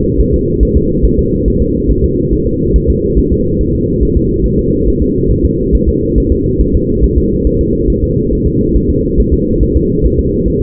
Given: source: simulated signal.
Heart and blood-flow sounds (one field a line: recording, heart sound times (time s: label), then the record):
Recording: fetal heart sounds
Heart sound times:
0.20 s: S1
0.34 s: S2
0.63 s: S1
0.77 s: S2
1.05 s: S1
1.19 s: S2
1.48 s: S1
1.62 s: S2
1.91 s: S1
2.04 s: S2
2.33 s: S1
2.47 s: S2
2.76 s: S1
2.90 s: S2
3.19 s: S1
3.32 s: S2
3.61 s: S1
3.75 s: S2
4.03 s: S1
4.17 s: S2
4.46 s: S1
4.59 s: S2
4.88 s: S1
5.02 s: S2
5.31 s: S1
5.45 s: S2
5.75 s: S1
5.88 s: S2
6.18 s: S1
6.32 s: S2
6.61 s: S1
6.75 s: S2
7.04 s: S1
7.18 s: S2
7.47 s: S1
7.61 s: S2
7.90 s: S1
8.04 s: S2
8.33 s: S1
8.47 s: S2
8.76 s: S1
8.90 s: S2
9.20 s: S1
9.33 s: S2
9.63 s: S1
9.76 s: S2
10.05 s: S1
10.19 s: S2
10.48 s: S1
10.62 s: S2
From the record:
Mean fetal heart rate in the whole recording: 140 bpm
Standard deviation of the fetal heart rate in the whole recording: 2 bpm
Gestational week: 34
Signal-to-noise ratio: -14.7 dB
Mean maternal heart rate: 72 bpm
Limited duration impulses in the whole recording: present